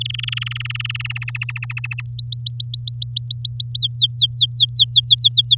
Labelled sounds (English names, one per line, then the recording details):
Domestic Canary song
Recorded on 10 May 2018 at 07:13
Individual llb16